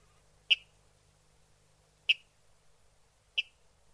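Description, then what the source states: Water rail uttering three short, dry, ticking notes spaced more than a second apart against quiet background. Played back for a survey protocol.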